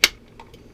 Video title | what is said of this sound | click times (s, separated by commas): Jessica X - Recent YHCK Client Offerings as of 4/25/16 - Sheath system for Chris Tanner PM101 | There's that click. | 0.0 s